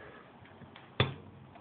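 A badge button assembled from a metal shell, graphic and pin back is pressed in a bench button press. After a faint tick at about 0.8 s, the front and back snap together with a single sharp pop at 1.0 s. The parts have seated and are bound together.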